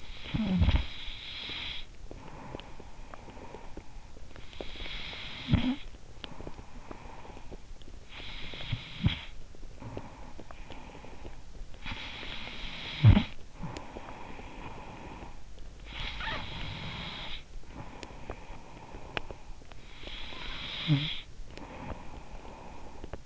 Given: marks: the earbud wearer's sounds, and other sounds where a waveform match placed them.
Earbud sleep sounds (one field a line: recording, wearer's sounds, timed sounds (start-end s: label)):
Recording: sounds in sleep by an in-ear microphone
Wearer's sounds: snoring breath, breath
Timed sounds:
0.00-15.74 s: snoring breath
15.75-19.68 s: breath
19.68-23.26 s: snoring breath